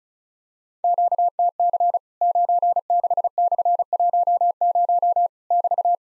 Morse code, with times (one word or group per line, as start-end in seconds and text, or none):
0.8-2.0 QTC
2.2-5.3 96/10
5.5-6.0 <BT>